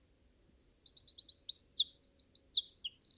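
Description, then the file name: Eurasian wren song: a loud, rapid burst of very high, sharp notes running into fast trills and chattering phrases, starting after half a second and still going at the end. "Troglodytes troglodytes"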